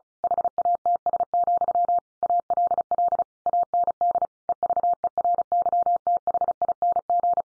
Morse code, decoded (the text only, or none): HATS, ALL AND EVERYTHING